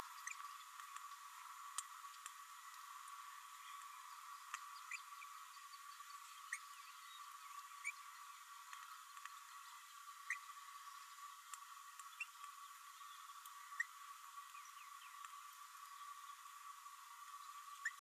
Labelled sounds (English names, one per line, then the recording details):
Green-rumped Parrotlet babbling
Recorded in a nest box in Venezuela
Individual 18B104A3